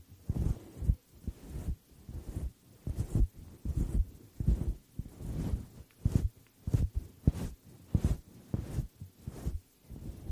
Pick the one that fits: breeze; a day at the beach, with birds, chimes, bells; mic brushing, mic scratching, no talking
mic brushing, mic scratching, no talking